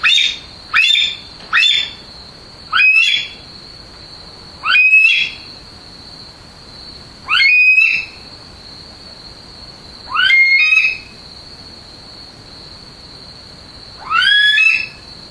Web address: zvuky monal leskly